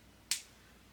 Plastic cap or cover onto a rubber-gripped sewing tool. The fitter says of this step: oh yeah that snaps in place too